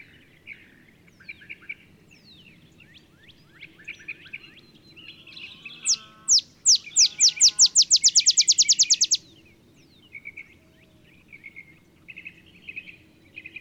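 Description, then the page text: Olive sparrow delivering a quick accelerating chip trill in the middle, with softer twittering from other birds before and after. Singing in the early morning in Texas, 50 miles north of the Mexican border; simple songs likened to a field sparrow's bouncing-ball song. "Olive sparrow. Recording early morning just 50 miles north of the Mexican border in Texas"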